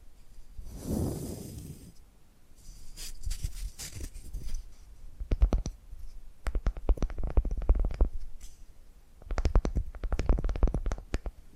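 Tapping and scratching in uneven bursts, with a low rumbling swell near the start, then clusters of sharp taps around five, seven, and ten seconds.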